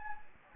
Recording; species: mosquito wingbeat signal from an infrared sensor; Anopheles gambiae